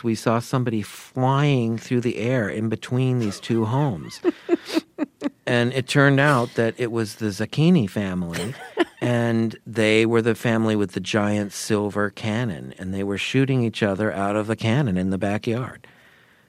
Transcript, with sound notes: We saw somebody flying through the air in between these two homes.
(Laughter).
And it turned out that it was the Zacchini family.
(Laughter).
And they were the family with the giant silver cannon. And they were shooting each other out of the cannon in the backyard.